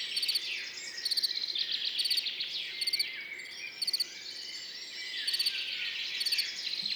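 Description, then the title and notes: Field cricket song: brief pulsed chirps recurring about every second, with several songbirds singing continuously behind. Singing continuously among orchids after a mild night, morning, 10 June 2019, Montagne du Puy; birds waking in background; Nagra Seven recorder, MKH40 microphone, stereo. "Montagne du Puy. le grillon champêtre"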